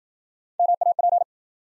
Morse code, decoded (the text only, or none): MAP